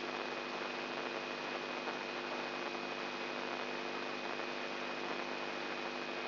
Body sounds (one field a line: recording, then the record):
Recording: brain microelectrode recording played as sound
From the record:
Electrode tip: inside the subthalamic nucleus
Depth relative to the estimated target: -3.5 mm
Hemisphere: left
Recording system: AlphaMap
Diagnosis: Parkinson's disease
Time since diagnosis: 11 years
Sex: male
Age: 67 years